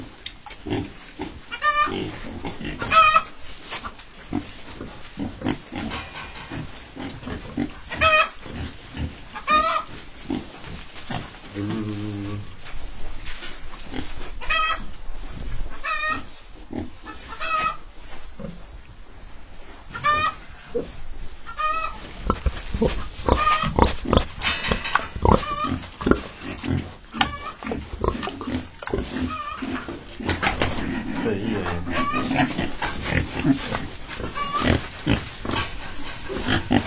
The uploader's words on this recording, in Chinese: 参观自家建的猪圈基地。第一次参观这么系统化大规模的猪圈。